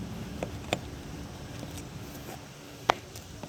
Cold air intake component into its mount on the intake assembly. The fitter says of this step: Okay, you could hear it made a little click as it engaged in the bottom right there.